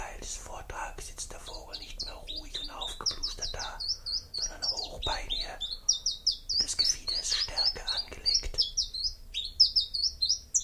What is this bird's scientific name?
Phylloscopus collybita